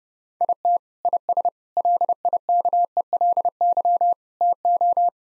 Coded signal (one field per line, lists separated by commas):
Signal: Morse code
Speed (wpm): 30 wpm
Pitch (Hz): 700 Hz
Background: none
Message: IT IS LIKELY TO